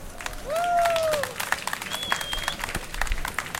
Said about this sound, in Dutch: Ik zou dan ook eerst willen vragen, voordat ik begin, om een heel groot applaus voor mijn zusje